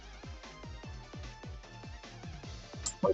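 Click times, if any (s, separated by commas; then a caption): 2.9 s, 3.0 s. Over steady electronic music with a repeating beat, a plastic part is pushed into a toy drill assembly and gives a sharp double click at 2.9 and 3.1 seconds. It is not the satisfying click wanted: the part clicks but does not fit right, so it is reseated.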